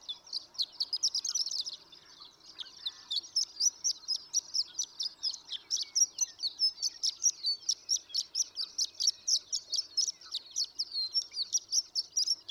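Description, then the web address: Horned lark giving a sustained high tinkling song, a quick stream of thin chirps repeated more than twice per second, with faint background noise. "birdsongforthecurious Horned Lark"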